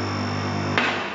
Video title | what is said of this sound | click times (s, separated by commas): 2 post car lift demo/review/Installation and adjustments. Automotech H Base AS-235SBE | two that's two if you can hear it it only clicks one | 0.8 s